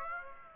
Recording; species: mosquito wingbeat signal from an infrared sensor; Aedes aegypti